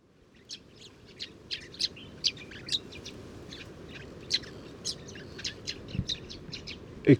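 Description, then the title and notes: Sudan golden sparrow calls: clear, separate high chirps repeated irregularly, with a low thud near the end. Family flocks, very common in oases, at Oued Enoicre, Tagant, Mauritania, 7 March 2019; birds gather at an evening roost; recorded in the morning with a Tlp7 and MixPre 3. "Moineau doré ou Moineau jaune - Mauritanie. 7 mars 2019-Oued Enoicre - Tagant - Mauritanie"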